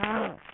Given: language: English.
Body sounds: throat vibration sensor signal played as sound; throat clearing

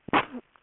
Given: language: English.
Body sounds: throat vibration sensor signal played as sound; cough

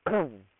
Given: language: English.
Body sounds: throat vibration sensor signal played as sound; throat clearing

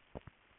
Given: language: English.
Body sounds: throat vibration sensor signal played as sound; swallow

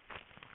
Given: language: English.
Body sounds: throat vibration sensor signal played as sound; swallow

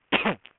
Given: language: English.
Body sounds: throat vibration sensor signal played as sound; cough

